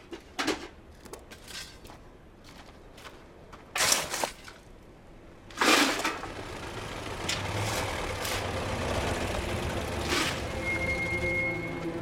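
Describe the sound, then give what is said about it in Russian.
A handful of irregular, gritty scrapes of coal being scooped up outdoors by a coal man, the loudest near the middle, followed by a steady low engine rumble of a car pulling up that carries on to the end. “Затем он вышел на улицу, чтобы набрать уголь в воду.”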